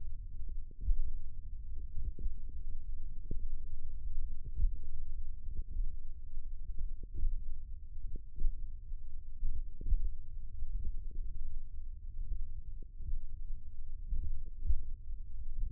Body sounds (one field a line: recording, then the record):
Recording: forearm muscle sounds (acoustic myography)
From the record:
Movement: tripod grip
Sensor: system 1, eight BSWA MPA416 microphones around the upper forearm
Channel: 6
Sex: male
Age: 20 years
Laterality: left